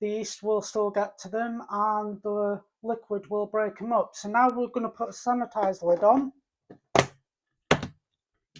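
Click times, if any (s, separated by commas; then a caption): 7.7 s. Someone talks, then a sanitized plastic lid is pressed onto a mead fermenting bucket. A sharp sound comes at 7.0 s, and the lid snaps shut at 7.7 s, which means it has a good seal.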